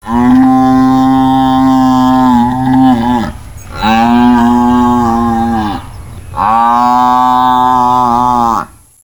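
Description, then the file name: European bison calls, three long harmonic groaning bellows, each a few seconds, with steady pitch and a slight waver, separated by short pauses. "zubr"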